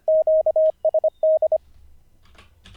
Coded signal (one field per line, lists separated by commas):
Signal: Morse code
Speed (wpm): 25 wpm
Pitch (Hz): 630 Hz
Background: radio noise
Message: QSD